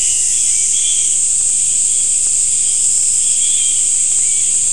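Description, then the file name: An insect chorus, a constant shrill hiss high in pitch overlaid by short lower chirps scattered throughout. "mainly insect"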